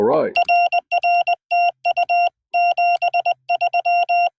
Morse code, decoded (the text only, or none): RR TU 73